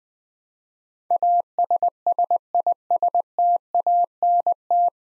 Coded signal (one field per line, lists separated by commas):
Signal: Morse code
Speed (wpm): 20 wpm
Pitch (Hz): 700 Hz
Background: none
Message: ASSISTANT